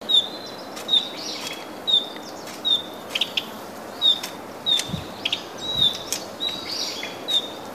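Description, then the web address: Narcissus flycatcher giving short, sharp, high-pitched notes, each a quick downward flick, repeated at short, slightly irregular intervals over a steady soft background hiss. Female bird. "izumino saunndo kibitakimesu"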